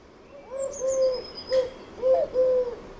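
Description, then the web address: Bird call: low drawn-out hoots in two groups, with a high thin whistle and a sharp click in the middle. "Deverinetal 2025 File origin Bird Only"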